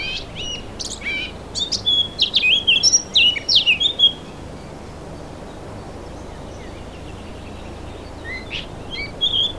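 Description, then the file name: Eurasian blackcap singing one fast warbled phrase of high, varied whistled notes lasting a few seconds, followed by quiet with only faint chirps. "Sylvia atricapilla"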